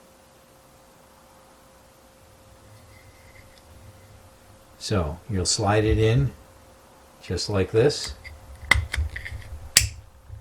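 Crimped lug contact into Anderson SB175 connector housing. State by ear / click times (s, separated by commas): seated / 9.8 s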